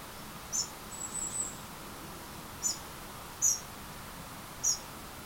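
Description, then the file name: Eurasian wren with four sharp high ticks and one thin drawn-out whistle early on, set against low background hiss. "Troglodytes troglodytes"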